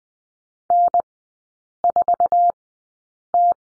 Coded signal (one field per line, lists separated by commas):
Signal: Morse code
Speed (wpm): 20 wpm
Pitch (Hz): 700 Hz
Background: none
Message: N4T